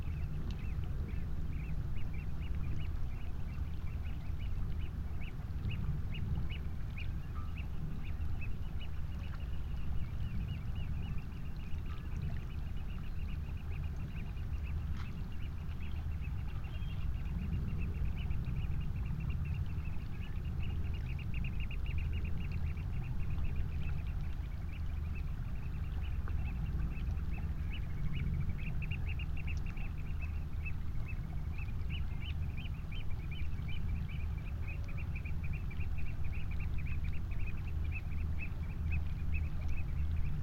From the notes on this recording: From the sea wall at Burnham-on-Crouch, looking out over panoramic tidal estuary waters by Wallasea Island.